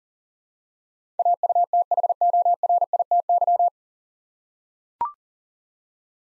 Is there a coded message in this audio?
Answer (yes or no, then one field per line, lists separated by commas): yes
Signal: Morse code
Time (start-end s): 1.2-3.7 s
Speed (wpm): 40 wpm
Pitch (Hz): 700 Hz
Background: none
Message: AUTHORITY